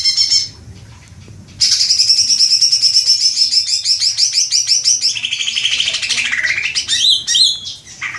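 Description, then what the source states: Leafbird song: dense, rapid buzzy trills and chattering phrases, steady then shifting into varied twittering and sharp notes near the end, after a quiet opening. Indonesian name cucak ijo; bird described as gacor, singing actively and vigorously.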